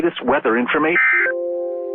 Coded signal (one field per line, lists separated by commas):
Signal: Emergency Alert System (SAME) tones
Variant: end-of-message bursts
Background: speech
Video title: EAS #66 - 2019 Virginia Tornado Drill (Failed)